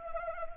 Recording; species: mosquito wingbeat signal from an infrared sensor; Anopheles arabiensis